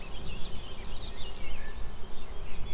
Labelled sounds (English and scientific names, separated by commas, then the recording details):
Eurasian Blackcap (Sylvia atricapilla)
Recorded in Germany
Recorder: ecoPi